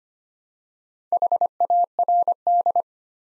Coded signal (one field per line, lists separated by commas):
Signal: Morse code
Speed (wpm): 25 wpm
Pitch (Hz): 700 Hz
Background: none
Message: HARD